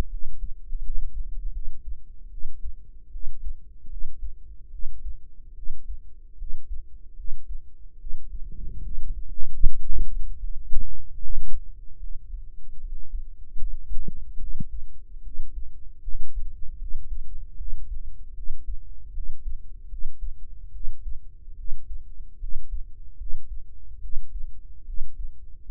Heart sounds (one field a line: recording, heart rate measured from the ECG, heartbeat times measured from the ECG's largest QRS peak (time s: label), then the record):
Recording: heart sounds by microphone in the right ear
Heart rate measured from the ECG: 75 bpm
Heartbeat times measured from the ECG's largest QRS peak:
0.08 s: heartbeat
0.80 s: heartbeat
1.51 s: heartbeat
2.28 s: heartbeat
3.10 s: heartbeat
3.88 s: heartbeat
4.69 s: heartbeat
5.53 s: heartbeat
6.36 s: heartbeat
7.15 s: heartbeat
7.97 s: heartbeat
8.81 s: heartbeat
9.61 s: heartbeat
10.38 s: heartbeat
11.17 s: heartbeat
11.98 s: heartbeat
12.79 s: heartbeat
13.56 s: heartbeat
14.38 s: heartbeat
15.22 s: heartbeat
16.02 s: heartbeat
16.77 s: heartbeat
17.56 s: heartbeat
18.33 s: heartbeat
19.12 s: heartbeat
19.87 s: heartbeat
20.71 s: heartbeat
21.55 s: heartbeat
22.38 s: heartbeat
23.16 s: heartbeat
24.00 s: heartbeat
24.84 s: heartbeat
25.64 s: heartbeat
From the record:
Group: healthy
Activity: rest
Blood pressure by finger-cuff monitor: 93/59 mmHg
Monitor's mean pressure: 72 mmHg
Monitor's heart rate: 74 bpm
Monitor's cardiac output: 6.8 L/min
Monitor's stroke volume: 90 mL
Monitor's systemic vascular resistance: 780 dyn s/cm5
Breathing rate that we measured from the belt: 19 breaths a minute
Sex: female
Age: 19 years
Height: 163 cm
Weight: 48.9 kg